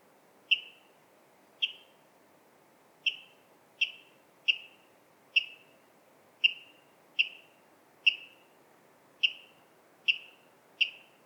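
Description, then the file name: Water rail calling a long series of sharp, clipped notes at slightly uneven intervals of about a second, over a low steady background hiss. "Waterral Rallus aquaticus"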